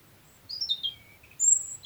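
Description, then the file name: European robin song fragment: a falling sequence of thin, sweet notes followed by one very high drawn-out whistle. "Erithacus rubecula"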